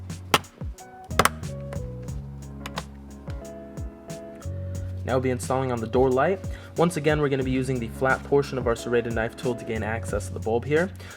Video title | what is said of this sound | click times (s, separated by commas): Toyota Highlander LED Interior - How To Install - 3rd Gen (2013+) | And once those are in place, just apply a bit of pressure on these inner tabs until those snap into place. | 0.3 s, 1.2 s